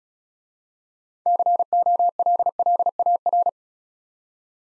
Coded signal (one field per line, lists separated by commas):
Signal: Morse code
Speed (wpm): 36 wpm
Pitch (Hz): 700 Hz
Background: none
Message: COLLAR